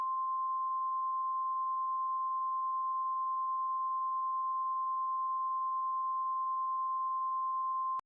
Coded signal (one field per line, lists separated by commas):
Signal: Emergency Alert System (SAME) tones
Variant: 1050 Hz attention tone